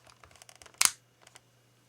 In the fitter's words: it is locks in place and now we can also turn the camcorder on take